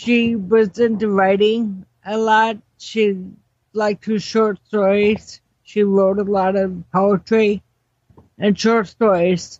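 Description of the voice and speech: An adult woman's slow, halting speech with drawn-out syllables and frequent pauses, fitting ataxic dysarthria from cerebellar ataxia, a condition that causes muscular and speech problems.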